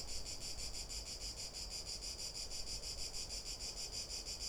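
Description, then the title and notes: Cicada buzzing in rapid, even pulses, a dry rattling hiss that never stops, with a soft low background hum. Recorded in the afternoon from boardwalks around the lake at the Albufera de Valencia, Spain; sea and lake nearby; Zoom H1n recorder. "Valencia, España - Paseo por la Albufera. Una tarde de paseo por la Albufera de Valencia, una joya de la Comunidad Valenciana. Paseamos alrededor del lago, en este caso por unas pasarelas en donde nos paramos para grabar a una Chicharra [Cicadidae]"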